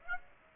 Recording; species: mosquito wingbeat signal from an infrared sensor; Aedes aegypti